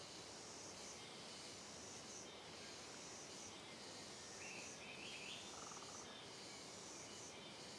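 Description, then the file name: Cicada chorus as a steady high-pitched hiss, broken midway by a short rising bird whistle and a brief lower note. "Coro de Cigarras em Trilha de Mata Fechada Reverberando"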